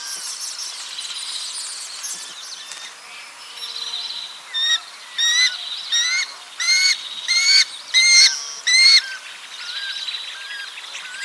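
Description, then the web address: Spot-winged falconet giving a run of about seven loud, clipped, ringing notes at a steady pace, after a quieter stretch of chattering calls. "Druppelvalk Spiziapteryx circumcincta"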